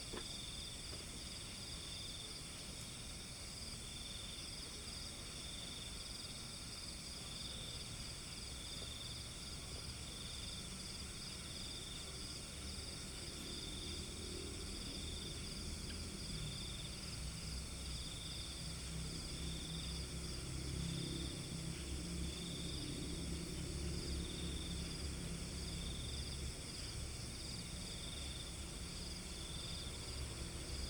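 A steady nighttime rice-field soundscape: dense, bright insect trilling holds constant while a low rumble swells gently after the midpoint.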